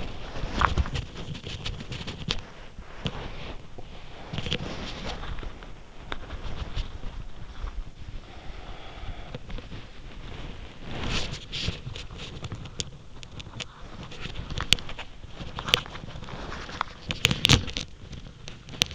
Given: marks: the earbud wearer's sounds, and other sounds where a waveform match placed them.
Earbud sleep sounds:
sounds in sleep by an in-ear microphone; body movement
0.00-18.95 s: body movement

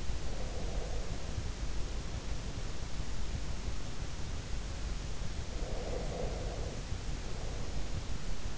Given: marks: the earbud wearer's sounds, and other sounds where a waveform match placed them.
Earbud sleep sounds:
sounds in sleep by an in-ear microphone; breath
0.00-2.39 s: breath
5.51-8.11 s: breath

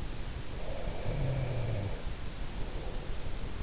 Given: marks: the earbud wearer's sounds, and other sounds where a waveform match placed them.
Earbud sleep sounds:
sounds in sleep by an in-ear microphone; breath
0.49-3.37 s: breath

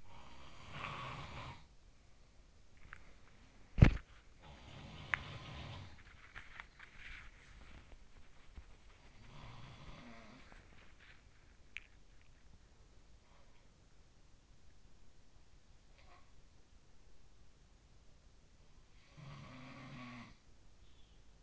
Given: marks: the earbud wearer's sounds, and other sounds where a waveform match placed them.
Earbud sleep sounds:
sounds in sleep by an in-ear microphone; snoring breath, teeth grinding, body movement
0.00-1.70 s: snoring breath
2.76-3.18 s: teeth grinding
3.00-11.48 s: body movement
4.44-6.14 s: sound from someone else or the room
5.05-5.32 s: teeth grinding
6.14-7.06 s: teeth grinding
9.23-11.15 s: sound from someone else or the room
11.48-12.19 s: teeth grinding
12.80-14.20 s: sound from someone else or the room
15.80-16.77 s: sound from someone else or the room
18.57-20.49 s: sound from someone else or the room

